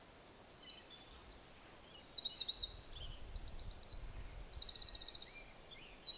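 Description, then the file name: Olive-backed Pipit song: a continuous run of high, thin, buzzy trilled phrases that shift in pitch, given almost without pause. Recorded at Mt Hinoki. "Indian Tree Pipit At Mt Hinoki"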